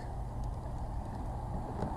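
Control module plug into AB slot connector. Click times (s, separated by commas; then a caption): 1.8 s. A control module's plug is pushed into the AB slot connector during a mod install on an S3 car, over a steady low, vehicle-like rumble. A sharp click sounds at 1.8 s as the connector seats.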